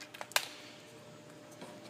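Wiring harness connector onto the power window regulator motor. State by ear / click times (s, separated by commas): seated / 0.4 s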